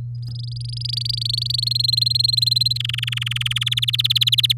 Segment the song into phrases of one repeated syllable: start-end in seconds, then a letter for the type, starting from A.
0.23-1.64 A, 1.66-2.78 B, 2.80-3.80 C, 3.82-4.53 D